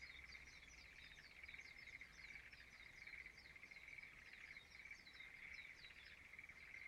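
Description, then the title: Chorus of frogs, a throbbing pulsed trill that never stops, with rapid repeated high chirps above it. Frogs singing in a rice field at dawn in Izumo, Shimane Prefecture, Japan. "Frog singing in the rice field Izumo"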